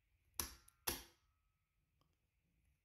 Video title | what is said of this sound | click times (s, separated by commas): Desert Eagle magazine FULL disassembly and reassembly | slide the base plate to the rear until you hear a click | 0.4 s